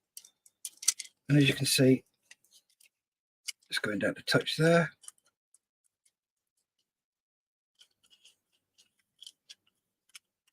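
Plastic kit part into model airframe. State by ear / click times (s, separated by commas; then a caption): not seated / none. A plastic part is handled and pressed down toward its place on an Agora 1/18 scale Mitsubishi A6M Zero plastic model aircraft kit. Someone talks in two short stretches, with small sharp ticks and taps around them and faint scattered clicks later in the quiet. Nothing has seated or clicked into place yet.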